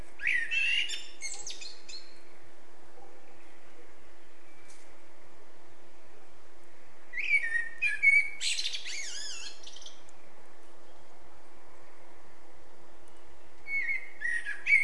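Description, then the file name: Eurasian blackbird song in separate phrases about six seconds apart, each a mellow fluting warble ending in high squeaky chatter, with a steady hum underneath. "Turdus merula"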